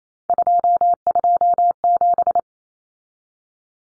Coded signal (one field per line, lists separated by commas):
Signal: Morse code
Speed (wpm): 28 wpm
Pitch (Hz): 700 Hz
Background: none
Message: 227